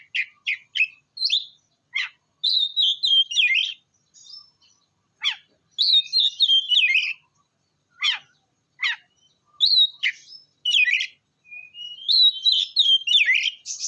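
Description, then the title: Oriental magpie-robin song: bursts of rapid chirps and sweet whistled phrases separated by short silences, varied and loud throughout. "kacer"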